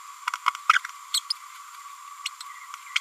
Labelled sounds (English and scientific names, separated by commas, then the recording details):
Green-rumped Parrotlet (Forpus passerinus) babbling
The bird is a female
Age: 30 days
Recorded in a nest box in Venezuela
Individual 17B102A6